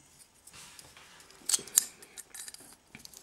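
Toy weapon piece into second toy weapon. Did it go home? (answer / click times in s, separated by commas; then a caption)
yes / 1.8 s. Two plastic toy weapons from a Takara Masterpiece Rodimus Prime figure are slotted together into one large cannon. Light plastic clicks and scrapes are heard, with a sharp tick at 1.5 s and a bright snap at 1.8 s, where the pieces lock into place. The combined weapon is seated.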